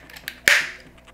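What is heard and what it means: A Safemo P1 4K solar security camera's plastic mount slides into the two cutouts of a wall mounting plate until its two retention clips engage. A few faint taps lead to one sharp, bright click at 0.5 s that rings briefly and fades. The mount is seated in the plate.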